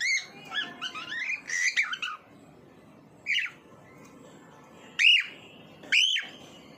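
Bird song opening with a chattering, warbled phrase of mixed whistles, then three separate clear whistled notes, the last two loudest.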